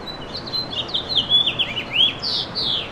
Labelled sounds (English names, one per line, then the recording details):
House Finch song
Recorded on Long Island, New York, on 8 May 2012
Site VS
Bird B